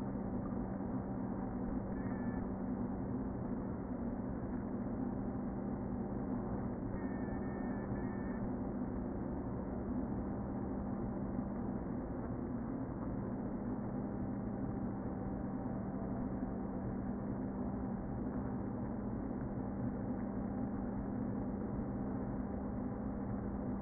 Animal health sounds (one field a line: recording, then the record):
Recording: honeybee colony, microphone inside the hive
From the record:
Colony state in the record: queen present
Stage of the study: before two queens were removed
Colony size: about 60,000 bees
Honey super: yes